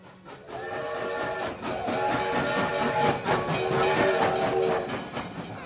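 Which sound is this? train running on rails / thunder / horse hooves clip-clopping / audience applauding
train running on rails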